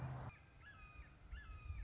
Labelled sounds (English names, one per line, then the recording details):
Red-shouldered Hawk
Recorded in Sonoma County, California